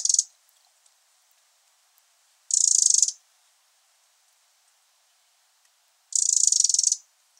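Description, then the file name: Eurasian wren gives three high, scratchy rattling bursts, the first clipped at the start, the others about three and a half seconds apart. "Troglodytes troglodytes"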